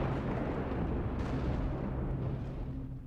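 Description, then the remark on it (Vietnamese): Continuous deep rumbling of thunder over a cemetery, a heavy low roar that stays loud and steady for a few seconds before easing slightly at the end, with no voices. “Cùng lúc ấy trên tầng không, tiếng sấm đùng đùng vang lên”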